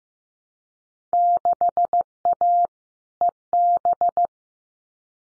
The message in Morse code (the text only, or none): 6A EB